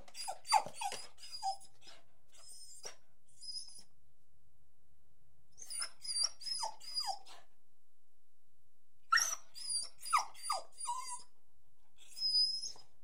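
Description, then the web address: Beagle whining in high, thin, wavering whimpers, in several bursts separated by quiet pauses. "The BBC Sound Effects Library. Beagle barking, whining, and jumping"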